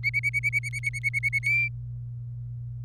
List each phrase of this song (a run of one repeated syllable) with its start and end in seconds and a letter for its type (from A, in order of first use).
0.04-1.39 A, 1.43-1.68 B